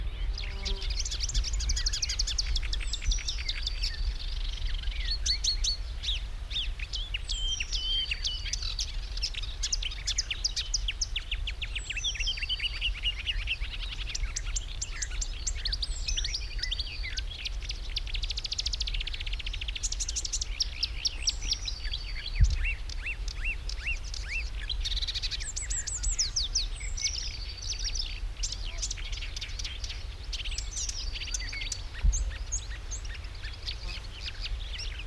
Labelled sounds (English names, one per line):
Marsh Warbler